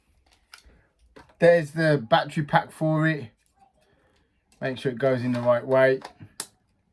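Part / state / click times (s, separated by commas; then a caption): battery pack into film SLR camera body / seated / 6.4 s. A battery pack is fitted the right way round into a Minolta 9000 35mm film SLR camera body and pushed home. Someone talks, then a single sharp, loud snap is heard at 6.4 s as the battery pack clicks into the camera and seats.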